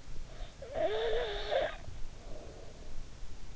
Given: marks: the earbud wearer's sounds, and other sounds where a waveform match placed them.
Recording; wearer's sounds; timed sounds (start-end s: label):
sounds in sleep by an in-ear microphone; snoring breath
0.21-3.15 s: snoring breath